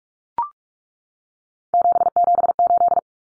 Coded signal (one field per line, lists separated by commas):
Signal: Morse code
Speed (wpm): 44 wpm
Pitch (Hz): 700 Hz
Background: none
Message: 778